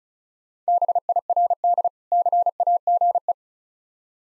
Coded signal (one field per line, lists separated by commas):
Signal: Morse code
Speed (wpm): 36 wpm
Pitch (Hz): 700 Hz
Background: none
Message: BIRD CAGE